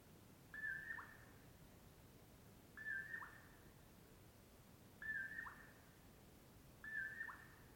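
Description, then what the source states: Common Poorwill calling four times, each call a gentle whistle sliding into a lower short note, about every two seconds. Heard at dawn near Colockum Pass off Brewton Road, before other morning birds start; mellow "poor-will-low"; crepuscular nightjar.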